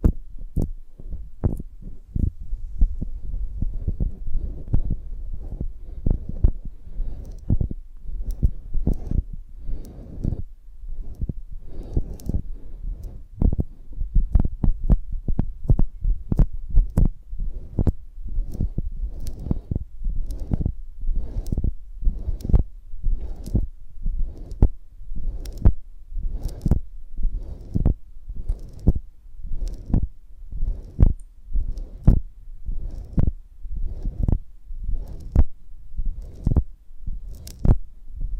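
ASMR sounds made on a honeycomb on a branch: a steady run of crisp taps and clicks, roughly two or three per second, continuing for the whole stretch. A low, soft thumping rumble sits underneath, giving the tapping a heartbeat-like pulse.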